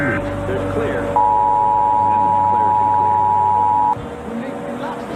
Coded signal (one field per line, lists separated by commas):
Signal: Emergency Alert System (SAME) tones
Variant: 853 and 960 Hz attention tone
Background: speech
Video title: EAS SCENARIO/ANALOG HORROR - Crash FM Catastrophe (4:3 Edition)